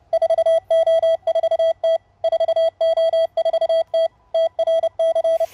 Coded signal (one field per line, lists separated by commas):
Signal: Morse code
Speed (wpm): 28 wpm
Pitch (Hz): 660 Hz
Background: none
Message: 4O4T 4O4T TRC